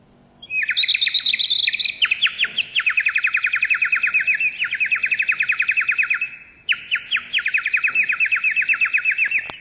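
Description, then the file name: Bird giving long rapid trills of sharp repeated notes, pitched high and fairly steady, broken by a short pause about two-thirds of the way through. "ptica glasno"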